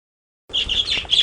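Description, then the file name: Budgerigar chirping, a short burst of high chattering calls from several birds after a brief silence. A flock of parakeets. "suara-parkit-rombongan omkicau"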